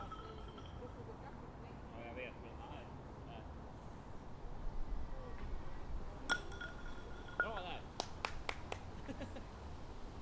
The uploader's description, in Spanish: Sonidos de juegos y de personas que juegan al billar a tres bandas, que corren por la calle y que tiran bolos en las plazas de los pueblos.